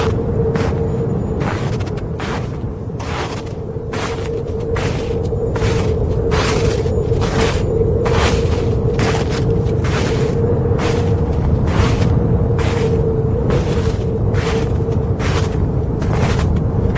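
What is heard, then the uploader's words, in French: Footsteps crunch through snow at a steady walking pace, about one step per second, each a short bright scrunch. Underneath, a strong cold wind roars continuously with a deep rumble and a faint whistling tone, growing slightly louder after the first few seconds. Marche dans la neige avec un vent polaire.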